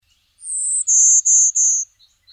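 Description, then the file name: Golden-winged Warbler singing a high, buzzy phrase: one higher drawn-out buzz, then three slightly lower buzzes in quick succession. "2002-07-15 Golden-winged Warbler"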